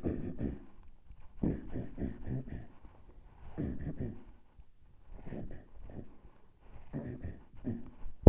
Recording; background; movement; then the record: throat clearing; quiet; sitting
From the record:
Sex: male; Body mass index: 23.7 kg/m2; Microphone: on the chest, facing the body